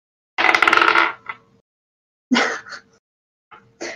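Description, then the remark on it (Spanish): Dice rolled for attacks in a tabletop role-playing game of Curse of Strahd rattle and clatter in a loud burst of rapid clicks, then settle; a few shorter clattering rolls follow after a pause, with no voices. “Pero de momento tira tu primer ataque.”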